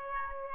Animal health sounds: mosquito wingbeat signal from an infrared sensor; Aedes albopictus

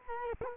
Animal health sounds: mosquito wingbeat signal from an infrared sensor; Culex quinquefasciatus

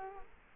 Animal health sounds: mosquito wingbeat signal from an infrared sensor; Culex quinquefasciatus

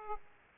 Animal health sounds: mosquito wingbeat signal from an infrared sensor; Aedes aegypti

